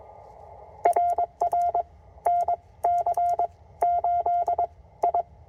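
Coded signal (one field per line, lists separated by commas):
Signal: Morse code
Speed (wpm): 21 wpm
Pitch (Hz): 700 Hz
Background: none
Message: RR N C 8 I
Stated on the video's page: CW Parks On The Air activation on a Penntek TR-45L with a 17' whip and Begali Expedition key; signals weak at first, improving later.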